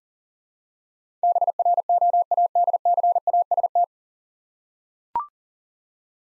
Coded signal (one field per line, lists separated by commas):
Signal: Morse code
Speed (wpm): 40 wpm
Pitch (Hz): 700 Hz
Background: none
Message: BROADCAST